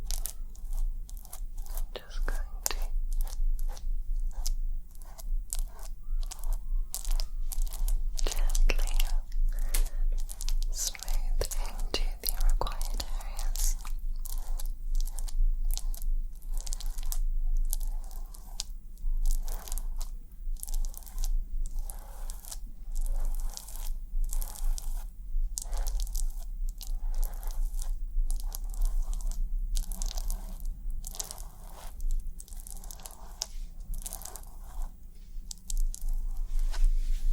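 Head massage with scalp scratching: dense, rapid crackly scratches repeat in quick bursts almost without pause for the whole stretch, bright and brushy. A low steady hum runs underneath, and there is a louder, busier patch around eight to thirteen seconds.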